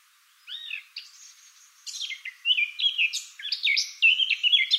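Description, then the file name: Eurasian blackcap song: a soft scratchy warble opening, then louder, richer fluty phrases tumbling up and down, growing stronger toward the end. "Sylvia atricapilla"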